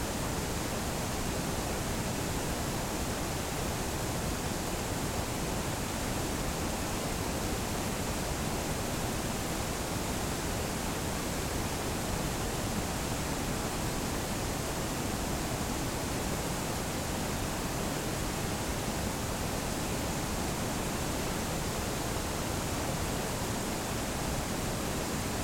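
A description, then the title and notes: Water pours steadily over an aqueduct's falls, a dense, unbroken rush that holds the same level for the whole stretch. The roar fills everything from a deep rumble up to a bright hiss, with no distinct splashes or pauses standing out. The original sound of an aqueduct falls. Sounds of an Aqueduct Falls.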